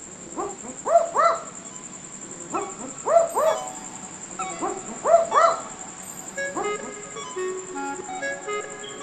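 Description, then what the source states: Barking owl pair exchanging double woof-woof barks, one voice higher, in bouts roughly every two seconds, with a steady high hum throughout. Two birds calling, likely a pair with the higher-pitched one the female, recorded in a backyard in Darwin, Larrakia country.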